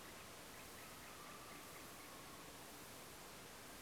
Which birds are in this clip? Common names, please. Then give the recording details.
Common Nightingale. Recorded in France